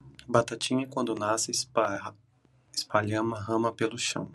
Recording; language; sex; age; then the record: short text; Brazilian Portuguese; male; 30 to 39 years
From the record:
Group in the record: control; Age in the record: 32 years